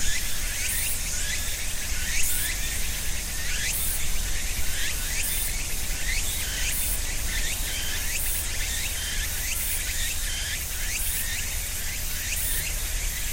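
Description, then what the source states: Insistent cicada chorus, a hissing drone broken by quick regular chirps, over a low background hum. Cicadas at end of summer in ornamental cherry trees between a small river and residential neighborhood, Japan; about 13:00; Sony PCM-M10, quasi-binaural EM172 mics on tree trunk.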